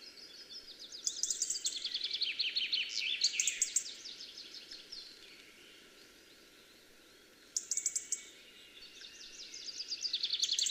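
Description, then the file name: European robin song in two bursts of jumbled high twittering and trills, separated by a quieter pause in the middle. "Erithacus rubecula"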